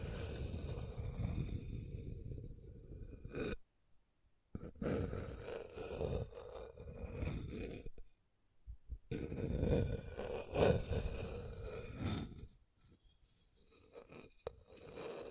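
Scratching and tracing strokes rasp in uneven bursts, broken by short silences near four, eight and thirteen seconds, with a low rough rumble underneath.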